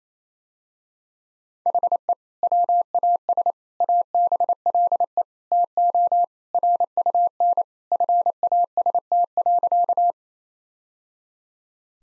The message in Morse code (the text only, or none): HE WAS ABLE TO RUN FAST.